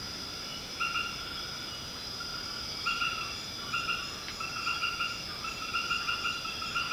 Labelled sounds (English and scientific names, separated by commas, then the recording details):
none
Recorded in secondary vegetation near Puerto Asís, Putumayo, Colombia, on 18 February 2024 at 22:30
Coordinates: 0.472, -76.331
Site G6371